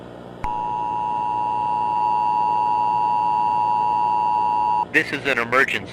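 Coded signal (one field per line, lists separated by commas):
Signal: Emergency Alert System (SAME) tones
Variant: 853 and 960 Hz attention tone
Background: speech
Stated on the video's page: Fictional analog horror scenario alert.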